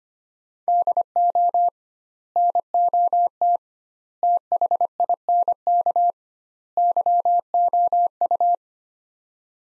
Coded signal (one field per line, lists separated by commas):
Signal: Morse code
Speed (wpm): 25 wpm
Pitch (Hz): 700 Hz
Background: none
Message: DO NOT THINK YOU